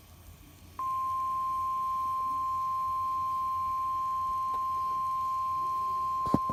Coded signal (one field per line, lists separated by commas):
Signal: Emergency Alert System (SAME) tones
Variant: 1050 Hz attention tone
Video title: Severe Thunderstorm Warning (EAS) No. 10